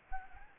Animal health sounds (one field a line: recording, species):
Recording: mosquito wingbeat signal from an infrared sensor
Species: Anopheles arabiensis